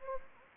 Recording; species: mosquito wingbeat signal from an infrared sensor; Anopheles gambiae